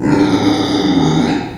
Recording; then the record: squeal of a Yucatan mini pig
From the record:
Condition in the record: before surgery on the right vocal fold (resection and tissue-engineered implant); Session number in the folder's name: 2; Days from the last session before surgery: -15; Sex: female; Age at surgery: 19 weeks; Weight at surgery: 25 kg